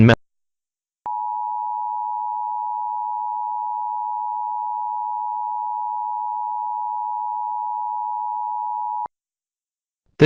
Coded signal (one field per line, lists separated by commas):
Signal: Emergency Alert System (SAME) tones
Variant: 853 and 960 Hz attention tone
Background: speech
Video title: Emergency Action Notification: Request an EAS Mock!